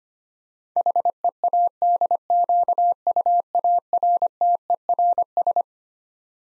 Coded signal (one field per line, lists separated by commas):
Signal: Morse code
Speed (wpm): 25 wpm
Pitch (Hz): 700 Hz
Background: none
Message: HEADQUARTERS